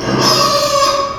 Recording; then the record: squeal of a Yucatan mini pig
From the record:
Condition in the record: before surgery on the right vocal fold (resection and tissue-engineered implant); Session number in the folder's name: 1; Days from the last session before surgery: -3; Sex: male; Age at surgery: 12 weeks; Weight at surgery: 13 kg